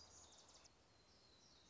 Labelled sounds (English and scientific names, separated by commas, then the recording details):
Black-throated Gray Warbler (Setophaga nigrescens)
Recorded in Sonoma County, California